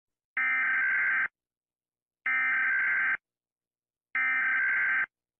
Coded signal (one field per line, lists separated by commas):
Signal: Emergency Alert System (SAME) tones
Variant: header bursts